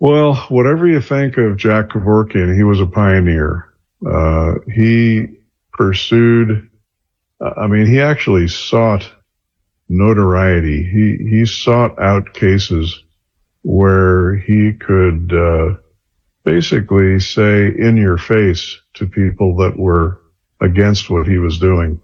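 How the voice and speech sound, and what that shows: A man speaks steadily in a low, calm voice with natural pauses; ordinary clear adult speech.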